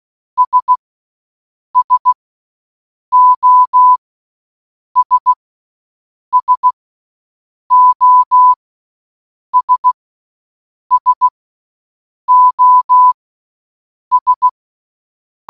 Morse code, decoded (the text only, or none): S SOS SOS SOS